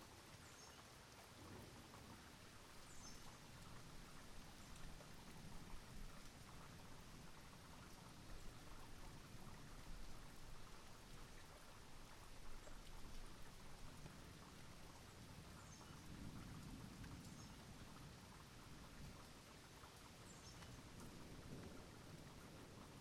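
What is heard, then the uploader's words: A mild rainstorm with a steady, dense patter of rain across the whole stretch. Low rumbling swells come and go underneath, strongest near the middle and again around sixteen seconds, with a few brighter drop splashes standing out now and then. A mild rainstorm. Recorded on a zoom h1n.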